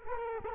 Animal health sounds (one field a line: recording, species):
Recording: mosquito wingbeat signal from an infrared sensor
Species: Culex quinquefasciatus